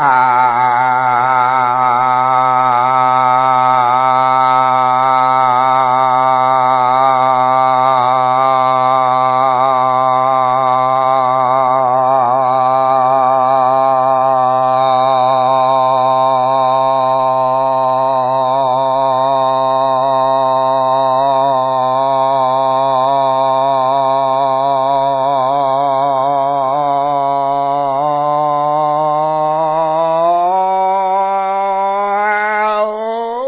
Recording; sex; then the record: sustained vowel /a/; male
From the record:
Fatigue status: fatigue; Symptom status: symptomatic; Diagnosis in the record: COVID-19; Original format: 3gp